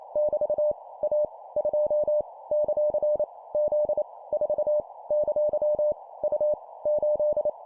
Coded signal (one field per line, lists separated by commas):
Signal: Morse code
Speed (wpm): 28 wpm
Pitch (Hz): 600 Hz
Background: none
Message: <BT> A 2 ; Z 4 ! U 8